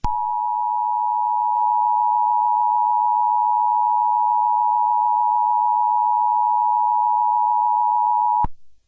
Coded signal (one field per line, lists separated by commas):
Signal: Emergency Alert System (SAME) tones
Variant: 853 and 960 Hz attention tone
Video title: EAS Scenario #11: Rainbow Rangers Attacks New Jersey II (REMASTERED)